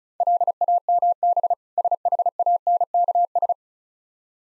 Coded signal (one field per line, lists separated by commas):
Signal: Morse code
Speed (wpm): 36 wpm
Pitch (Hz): 700 Hz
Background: none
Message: LAMB SHANKS